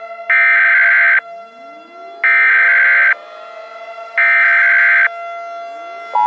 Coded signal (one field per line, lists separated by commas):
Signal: Emergency Alert System (SAME) tones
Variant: header bursts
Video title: EAS SHoRT #4 long Valley volcano (NOT FOR KIDS)